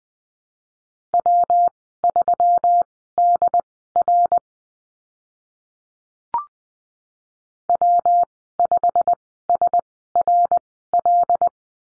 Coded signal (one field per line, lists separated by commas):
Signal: Morse code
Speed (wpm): 20 wpm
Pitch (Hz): 700 Hz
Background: none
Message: W3DR W5SRL